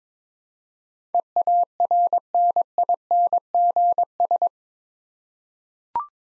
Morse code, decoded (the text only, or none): EARNINGS